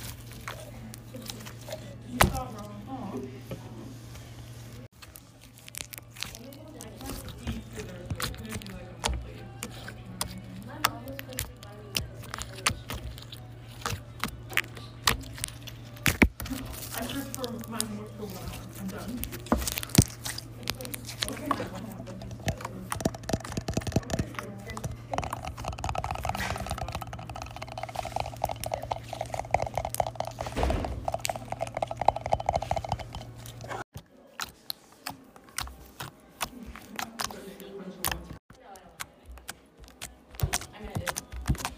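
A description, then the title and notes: Slime being poked and popped: a dense run of wet squishes, clicks and small pops, irregular and frequent throughout. A steady low hum sits underneath until about 34 seconds, then cuts out, and quiet voices murmur. Satisfying noises as we poke and pop the slime.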